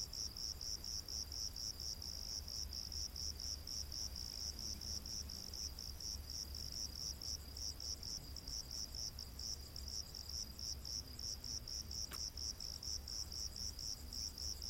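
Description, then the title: Cricket chirping, high and rapid, pulses repeating about twice a second in a continuous run, with a single sharp click near the end and low background hum. Crickets in a rainforest at night. "Crickets of the Rainforest 🌿. Exotic Insect Orchestra"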